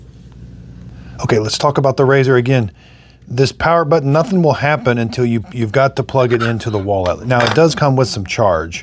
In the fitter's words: And then we put this one on and then just it should just snap into place.